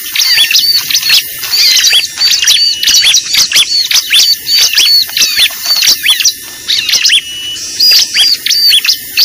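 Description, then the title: Lovebird chatter: fast, shrill squeaking and chirping in dense bursts. Lure recording used to attract birds (pikat). "PIKAT BURUNG LOVEBIRD"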